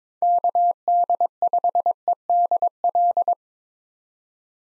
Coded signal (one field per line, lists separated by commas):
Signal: Morse code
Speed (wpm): 22 wpm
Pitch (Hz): 700 Hz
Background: none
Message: KD5EDL